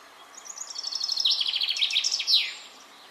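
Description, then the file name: Common chaffinch song: a bright, fast descending series of high notes that speeds into a rattling trill and ends in a sharp flourish, over faint background hiss. "Fringilla coelebs"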